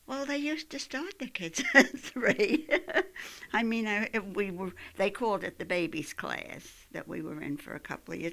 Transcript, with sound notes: Well, they used to start the kids at three. ( she laughs ) I mean, we were, they called it the babies class that we were in for a couple of years.